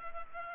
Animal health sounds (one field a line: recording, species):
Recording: mosquito wingbeat signal from an infrared sensor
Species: Culex pipiens